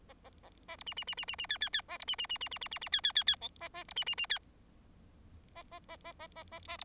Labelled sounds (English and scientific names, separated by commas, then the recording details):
Bengalese Finch (Lonchura striata domestica) song
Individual Bird4